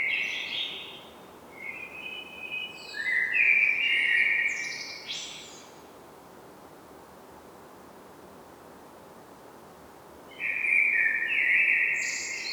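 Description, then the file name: Common blackbird sings a fluted phrase topped with a sharp high squeak, then falls silent for several seconds before a new mellow phrase begins. "Turdus merula"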